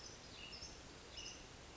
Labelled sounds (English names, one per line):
Hutton's Vireo